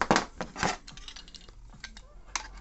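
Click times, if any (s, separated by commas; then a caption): 0.0 s, 2.4 s. A part of the bracket is fitted onto a Metz Mecablitz 45 CT-3 handle-mount flash unit during assembly, with scraping, rattling handling noise throughout. Two strong, sharp hits stand out at 0.0 s and 2.4 s, and it is unclear which one is the click. The part clicks into place the right way round.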